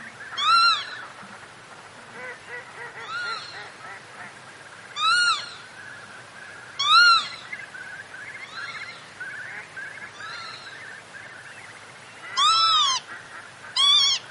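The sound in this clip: Northern lapwing giving slurred, rising-then-falling wheezy calls about every two seconds, some loud and some fainter, over soft background bird chatter.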